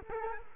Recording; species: mosquito wingbeat signal from an infrared sensor; Culex quinquefasciatus